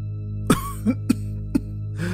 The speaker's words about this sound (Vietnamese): Đưa chiếc lưỡi dài liếm đi vệt máu, lão ta vừa ho vừa nói.